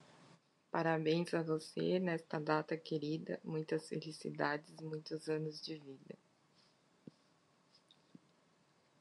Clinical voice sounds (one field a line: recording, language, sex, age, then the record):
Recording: short text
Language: Brazilian Portuguese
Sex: female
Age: 40 to 49 years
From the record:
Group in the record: control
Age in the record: 44 years